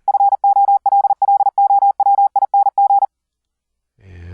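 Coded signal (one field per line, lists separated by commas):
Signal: Morse code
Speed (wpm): 40 wpm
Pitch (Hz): 800 Hz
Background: none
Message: FOLLOWING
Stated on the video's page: Morse QSO over the internet, sent with ASIO straight key, iambic paddle and CW keyboard software, with audio routed through Mumble.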